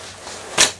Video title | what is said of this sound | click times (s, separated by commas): Cold Steel Kobun, First Impressions | push it down in there till it snaps, | 0.6 s